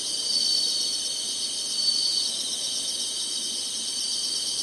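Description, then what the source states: Insects droning in an unbroken high, shrill wash of sound, nearly level throughout. Singing insects in summer.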